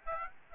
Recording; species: mosquito wingbeat signal from an infrared sensor; Aedes aegypti